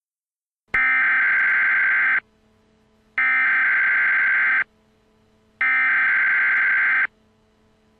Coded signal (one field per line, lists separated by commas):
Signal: Emergency Alert System (SAME) tones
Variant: header bursts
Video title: EAS in Movies: "The Purge"